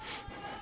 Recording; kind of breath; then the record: one breath in and out by a microphone near the nose and mouth; strong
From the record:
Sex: male